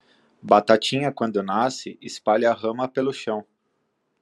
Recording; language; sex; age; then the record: short text; Brazilian Portuguese; male; 30 to 39 years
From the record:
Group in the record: control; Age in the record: 36 years